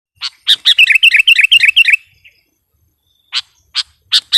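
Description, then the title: Sooty-headed bulbul giving a quick run of bubbly, warbling notes for over a second, then a few isolated sharp chirps after a pause. "kutilang"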